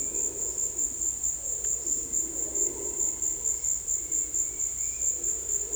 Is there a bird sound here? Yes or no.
no